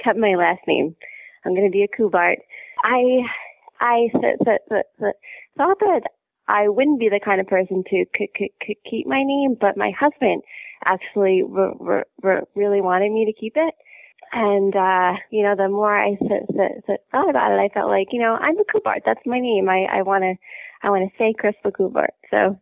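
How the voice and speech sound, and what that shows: Adult woman, a speech-language pathologist who stutters, speaking over a telephone-quality line with stuttering: repeated sounds and syllables such as "k-k-k-keep" and "s-s-so", prolonged sounds and pauses. Much of the stuttering is voluntary, with some real stuttering let through.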